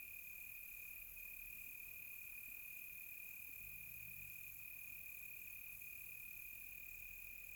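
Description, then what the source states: Continuous high cricket trill over quiet background, with a brief low rumbling sound midway through. Close crickets on a quiet tropical night.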